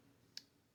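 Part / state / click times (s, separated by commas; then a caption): blade lock in a folding multi-tool handle / seated / 0.4 s. A blade is pulled out on a metal Hypertough multi-tool, and its liner lock in the folding handle snaps into place, locking as soon as the blade is out. A single sharp, bright click sounds at 0.4 s over a quiet low hum. The blade is seated and locked.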